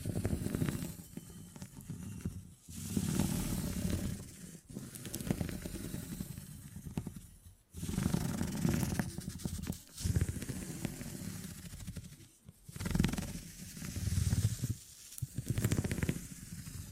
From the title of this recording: Brain Tingly Sounds Using Beeswax